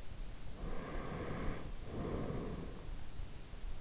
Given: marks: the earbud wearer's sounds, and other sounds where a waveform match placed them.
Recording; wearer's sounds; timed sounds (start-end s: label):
sounds in sleep by an in-ear microphone; breath
0.41-3.10 s: breath